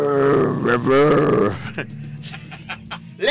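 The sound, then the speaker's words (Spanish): A person imitates a bear with a loud, rough, guttural growl lasting about a second and a half, followed by quieter breathy rumbles and a short final grunt. “Y en el medio le ataca un oso. Y el oso. Le ataca. ¿Cómo hace el oso?”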